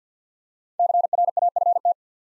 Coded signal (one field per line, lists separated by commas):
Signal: Morse code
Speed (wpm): 53 wpm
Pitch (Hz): 700 Hz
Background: none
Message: CRAFT